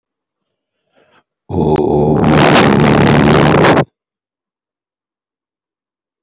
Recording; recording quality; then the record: sustained vowel as in boot; moderate, slight background noise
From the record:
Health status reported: healthy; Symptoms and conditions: none ticked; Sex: male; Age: 52 years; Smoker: not ticked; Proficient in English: yes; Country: India